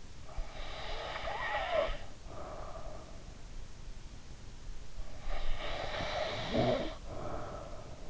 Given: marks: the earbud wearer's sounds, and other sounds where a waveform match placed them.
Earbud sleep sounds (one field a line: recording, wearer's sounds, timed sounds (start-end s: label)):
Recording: sounds in sleep by an in-ear microphone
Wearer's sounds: snoring breath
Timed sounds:
0.09-3.26 s: snoring breath
4.97-8.10 s: snoring breath